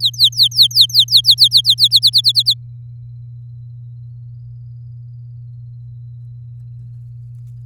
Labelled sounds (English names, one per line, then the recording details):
Domestic Canary song
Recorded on 9 May 2018 at 05:42
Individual llb16